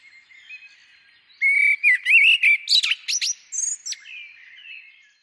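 Common blackbird delivering a rich fluty warble, then sharp high squeaks and trills, closing on a softer fading note.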